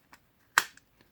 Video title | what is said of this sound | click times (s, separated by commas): Red Rhino Customs Knife with Black Bear Custom Kydex Sheath | got a really nice little click in and either rattling you here or | 0.6 s